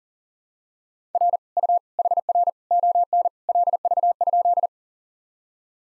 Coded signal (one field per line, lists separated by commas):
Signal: Morse code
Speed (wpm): 40 wpm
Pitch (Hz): 700 Hz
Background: none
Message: R U HR ON LV?